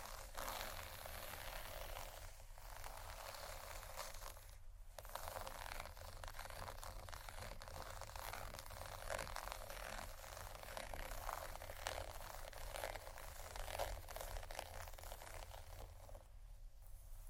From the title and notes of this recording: ASMR Sleep Session Soft, Tapping, Cardboard, Massage, Scratching, Silicone, Etc. (No Talking).